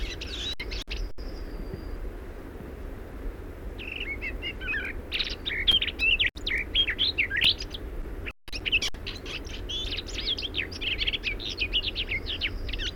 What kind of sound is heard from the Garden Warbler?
song